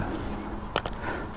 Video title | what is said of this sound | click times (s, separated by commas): How to Install LED Headlights on Jeep Wrangler JK (Step-by-Step Guide) | There we go. Make sure it clips in place. | 0.8 s, 0.9 s